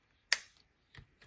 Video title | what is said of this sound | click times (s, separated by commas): Astro Essentials M48 Camera Adapter / T ring not locking in camera body / lens mount | degrees you're gonna hear the positive click as it locks in place the | 0.3 s